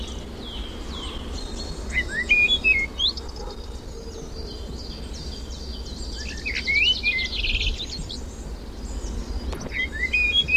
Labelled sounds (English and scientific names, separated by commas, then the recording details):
Common Blackbird (Turdus merula) song
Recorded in the wild
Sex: male
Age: adult
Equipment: Überspiel, Halbspur, Uher Report 4000
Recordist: Tretzel, Erwin
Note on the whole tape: Diverse Amseln: Zusammenstellung "spezieller Gesangsmotive"